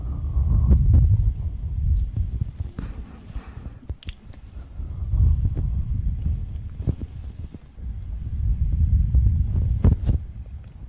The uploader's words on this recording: ASMR Ear cleaning & Ear massage.